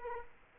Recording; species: mosquito wingbeat signal from an infrared sensor; Aedes aegypti